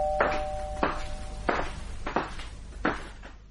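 A doorbell rings with a steady, sustained tone that fades after a moment, while a series of about five sharp, evenly spaced bursts repeats throughout.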